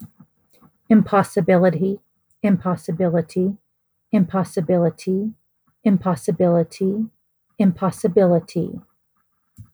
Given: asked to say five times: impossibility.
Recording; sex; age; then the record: repeated word; female; 40 to 49 years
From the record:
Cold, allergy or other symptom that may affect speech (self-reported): no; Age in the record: 40 years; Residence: United States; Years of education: 14